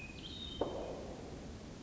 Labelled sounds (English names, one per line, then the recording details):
Hermit Thrush
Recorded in Sonoma County, California